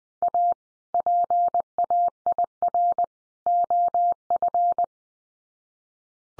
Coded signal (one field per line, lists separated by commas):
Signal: Morse code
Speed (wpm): 20 wpm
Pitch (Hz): 700 Hz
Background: none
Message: A PAIR OF